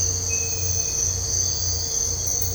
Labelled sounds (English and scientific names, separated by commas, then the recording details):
none
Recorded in dense forest near Puerto Asís, Putumayo, Colombia, on 9 March 2025 at 05:00
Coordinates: 0.468, -76.322
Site GP01